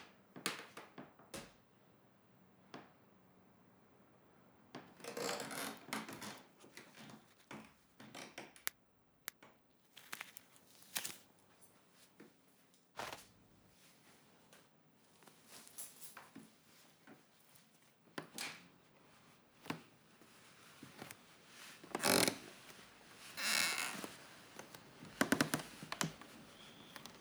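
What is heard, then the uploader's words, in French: A woman undresses in quiet, with no voices and no music. Crisp rustles of fabric and small clicks come in irregular bursts, louder around five seconds and again near the end, with hushed pauses between them. Elle se déshabille pour lui. Sans un mot, sans musique.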